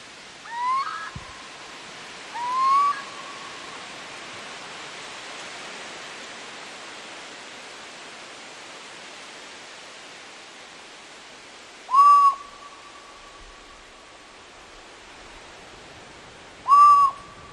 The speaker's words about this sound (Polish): Zaczyna się przepięknie od głosu chyba ptaka. Będą musieli Państwo natężyć uszy, ale myślę, że warto.